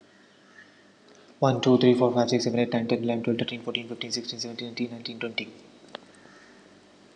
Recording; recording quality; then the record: counting at a fast pace; moderate, slight background noise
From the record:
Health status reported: healthy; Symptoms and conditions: none ticked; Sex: male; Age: 27 years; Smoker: yes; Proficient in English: yes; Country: India